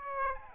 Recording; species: mosquito wingbeat signal from an infrared sensor; Aedes aegypti